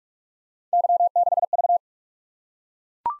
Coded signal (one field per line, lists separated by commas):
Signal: Morse code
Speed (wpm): 44 wpm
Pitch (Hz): 700 Hz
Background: none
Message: Y6V